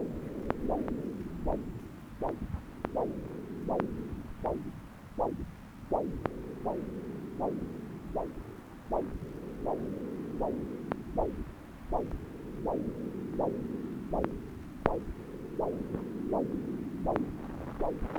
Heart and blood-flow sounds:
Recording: Doppler ultrasound of blood flow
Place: left subclavian vein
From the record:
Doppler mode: continuous wave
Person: adult scuba diver, at rest before a dive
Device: O'Dive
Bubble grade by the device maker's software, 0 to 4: 0

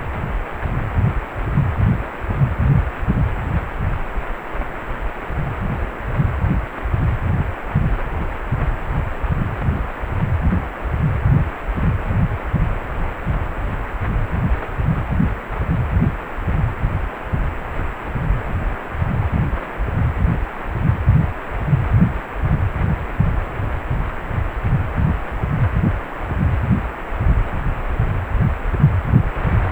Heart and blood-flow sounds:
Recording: Doppler ultrasound of blood flow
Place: precordium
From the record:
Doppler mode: pulsed wave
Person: healthy adult, 18 to 50 years, no heart murmur, not diving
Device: 2.5 MHz transducer

